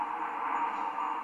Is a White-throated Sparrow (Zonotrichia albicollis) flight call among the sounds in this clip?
no